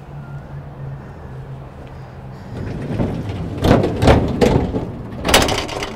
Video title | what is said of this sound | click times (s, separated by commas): Newmar Dutch Star 4363 | locks in place so you know it's secure moving | 5.3 s